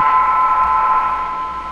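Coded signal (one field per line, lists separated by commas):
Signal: PSK31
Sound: several steady warbling tones at different pitches over hiss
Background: radio static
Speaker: but a lot of tones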